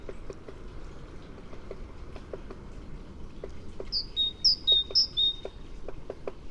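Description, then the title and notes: Great tit song arriving late: three quick high-low two-note phrases near the end, preceded by several seconds of soft ticking clicks and low background noise. "Kjøttmeis by forskningno"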